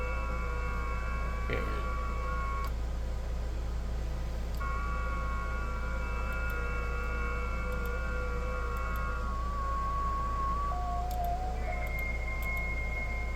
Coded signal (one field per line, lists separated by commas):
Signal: FT8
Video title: i think ft8 software possibly is shady 🤔